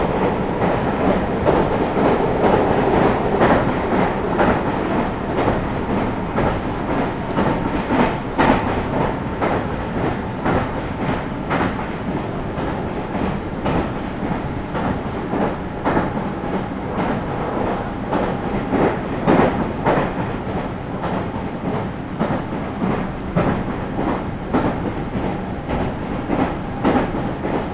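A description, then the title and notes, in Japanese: A train rolls steadily along with a continuous low rumble, wheels clattering rhythmically over rail joints every second or so throughout. ガタンゴトンの旅 名古屋鉄道 阿久比→内海 普通。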